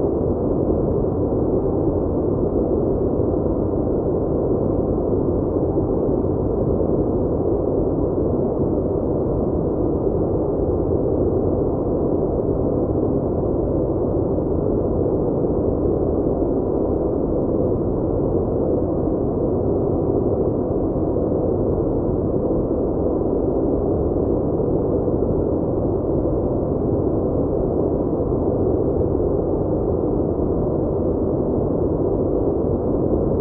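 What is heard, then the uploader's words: A steady, deep rushing noise, like brown noise with even more bass, holds unchanged for the whole half minute. The sound is dense and rumbling, weighted toward the low end, with the top cut off so nothing bright or hissy comes through. CELESTIAL WHITE NOISE. The sound, uniquely crafted and based upon cosmic radiation, is similar to brown noise but has more bass and less on the high end. Soothing white noise.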